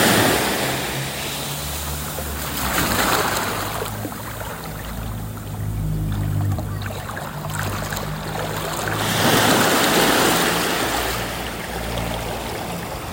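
Ocean waves wash in a continuous rushing hiss, swelling louder around 3 seconds and again from about 9 to 11 seconds before easing back. A low, steady rumble runs underneath throughout, with fine trickling and fizzing textures in the water.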